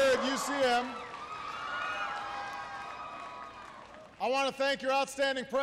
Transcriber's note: applause